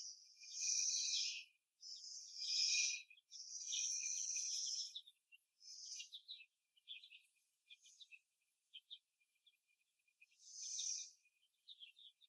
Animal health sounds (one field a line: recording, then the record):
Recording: young laying hens in a cage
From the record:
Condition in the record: after the stressor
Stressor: simulated dog barking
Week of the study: 1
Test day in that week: 2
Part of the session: 2